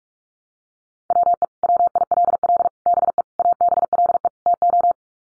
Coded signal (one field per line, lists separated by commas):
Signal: Morse code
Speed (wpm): 44 wpm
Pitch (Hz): 700 Hz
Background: none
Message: WE WILL BE ABLE TO